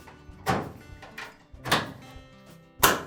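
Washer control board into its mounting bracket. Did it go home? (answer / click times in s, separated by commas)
yes / 1.7 s, 2.8 s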